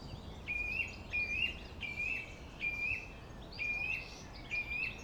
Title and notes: Friedhof Columbiadamm, Berlin - Song thrush. Friedhof Columbiadamm (Neuer Garnisonsfriedhof), Song thrush (Singdrossel) singing, distant city. traffic noise